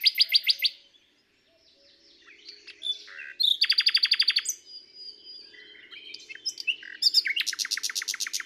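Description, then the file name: Common nightingale song: bursts of fast repeated pulsed notes alternating with quieter scratchy and whistled phrases, with a faint low hum beneath. "Luscinia megarhynchos"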